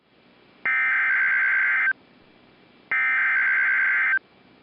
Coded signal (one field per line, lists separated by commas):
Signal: Emergency Alert System (SAME) tones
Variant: header bursts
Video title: 3-1-19 Winter Storm Warnings (EAS #300 - #301)